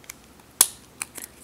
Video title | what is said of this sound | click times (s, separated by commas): Smith & Wesson Model 100-1 Handcuff Review | that little thing in the window all the way, and when it disappears, they're double locked. To | 0.6 s